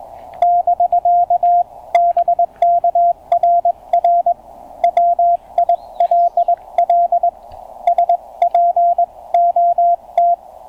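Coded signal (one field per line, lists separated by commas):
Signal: Morse code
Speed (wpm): 19 wpm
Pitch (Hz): 690 Hz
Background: radio noise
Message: <BK> BK RR WILL SPOT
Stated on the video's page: CW park activation with a Penntek TR-35 on 40 m and then 20 m.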